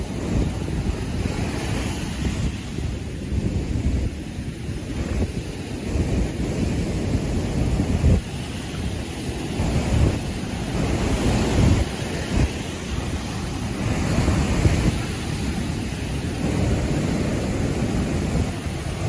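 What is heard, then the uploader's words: Steady Florida beach ambience with continuous low surf rumble and gusty wind buffeting, occasional brief thumps around eight and twelve seconds. Take an hour to relax with beach sounds from a Florida beach.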